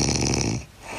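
One loud, deep, rumbling snore of about half a second from an adult woman, a huge snorer, then fading quiet, typical of heavy snoring.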